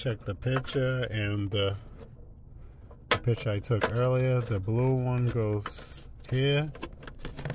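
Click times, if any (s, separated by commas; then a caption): none. Someone talks while handling the blue antenna cable connector at its socket on the back of a car radio, with a sharp knock at about 3.1 s and a few faint ticks near the end. The clip ends before the connector is pushed home, so nothing has seated or clicked yet.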